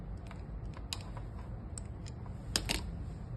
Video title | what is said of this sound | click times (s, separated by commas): tugas crimping | agar dikencangkan sampai bunyi tek ya. | 2.6 s